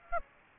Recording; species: mosquito wingbeat signal from an infrared sensor; Aedes aegypti